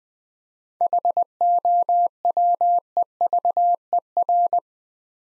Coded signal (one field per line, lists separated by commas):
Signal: Morse code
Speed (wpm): 20 wpm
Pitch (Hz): 700 Hz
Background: none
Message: HOWEVER